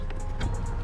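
The second shift cable end is being pressed onto its pivot on a short shifter assembly during a budget short-shifter install on a 9th Gen Si. Brief, faint handling noises sit over a steady low background hum, with one small sharp sound near 0.1 s. The cable end has not clipped on or seated yet.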